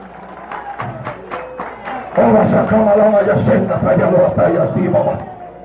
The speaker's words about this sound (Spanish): Alabado sea Dios en esta noche. ¡A su nombre! Denle un aplauso a Cristo, que se lo merece.